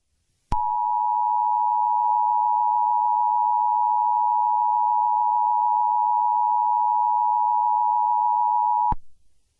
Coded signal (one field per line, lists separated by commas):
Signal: Emergency Alert System (SAME) tones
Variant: 853 and 960 Hz attention tone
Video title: Doodle Kaden reacts to @C_T_C09Official 's Little Einsteins.exe EAS scenario (CHILDHOOD RUINED)